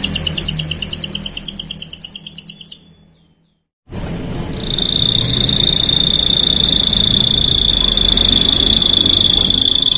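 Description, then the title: Canary song: a fast buzzy trill of repeated high notes, then a brief pause and a long steady high whistled note over low rumbling background noise. Song to warm up and stimulate Belgian canaries; black-red canary singing actively (gacor). "Canto Para Esquentar Canário Belga. Suara Burung Kenari Black red Gacor Dor"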